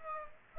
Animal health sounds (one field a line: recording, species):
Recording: mosquito wingbeat signal from an infrared sensor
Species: Aedes aegypti